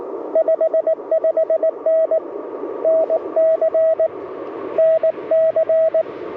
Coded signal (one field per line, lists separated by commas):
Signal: Morse code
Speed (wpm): 19 wpm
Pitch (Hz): 590 Hz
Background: radio noise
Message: 55N NC NC